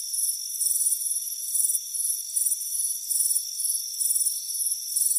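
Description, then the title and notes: Crickets give rapid high pulsed chirps in short bursts in a steady series, over an unbroken high whine. Crickets chirping on a warm afternoon on a front porch. "Soothing Crickets Chirping Sound. It's a warm afternoon as you relax in a hammock on the front porch. Relax and fall asleep to the soothing sound of chirping crickets. Deep Sleep Sounds"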